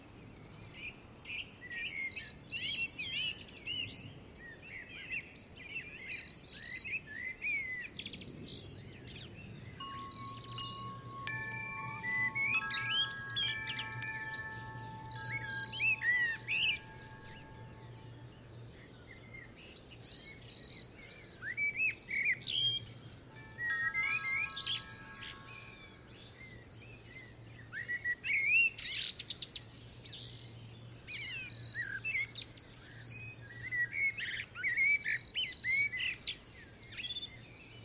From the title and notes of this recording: English Garden with Wind Chimes. Picture yourself sitting in a back garden in the English countryside. Birds swoop through the trees and down through the flowers. A light wind blows moving wind chimes every so often.